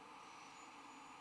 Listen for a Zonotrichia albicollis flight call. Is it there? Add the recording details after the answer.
no. No flight call is heard. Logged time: 09:46 on 16 December 2014